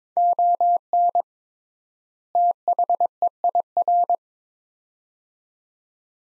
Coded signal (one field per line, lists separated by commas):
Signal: Morse code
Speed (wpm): 22 wpm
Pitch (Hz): 700 Hz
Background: none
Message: ON THEIR